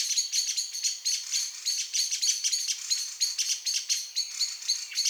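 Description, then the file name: Common blackbird calls, a rapid run of sharp, metallic chinking notes repeated about three to four times a second, overlapping into a dense, steady chatter. "Turdus merula"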